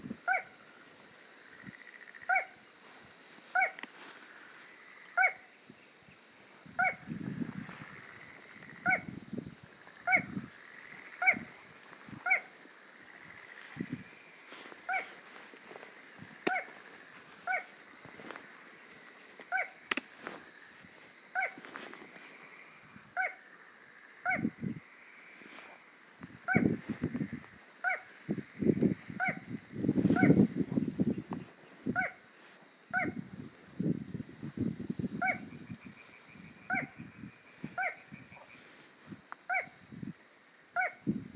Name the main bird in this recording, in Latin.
Porzana parva